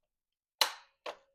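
A wheel module on the second side of an iRobot Roomba s9+ robot vacuum, refitted during a tread replacement, is pushed down into the chassis and latches home with a loud, sharp snap at 0.6 s. A shorter, quieter knock follows at about 1.1 s. The module is confirmed seated.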